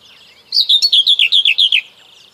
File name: Cierniówka